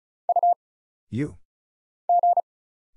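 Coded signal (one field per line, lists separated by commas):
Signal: Morse code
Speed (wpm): 36 wpm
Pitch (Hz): 700 Hz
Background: none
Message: U G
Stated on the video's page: Morse practice at 35 wpm, random single letters, numbers, punctuation and prosigns with very short gaps, for instant character recognition.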